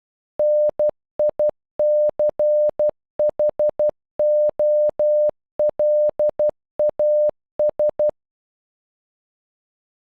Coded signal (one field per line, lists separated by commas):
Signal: Morse code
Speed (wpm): 12 wpm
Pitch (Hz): 600 Hz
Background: none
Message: NICHOLAS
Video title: Nicholas in Morse code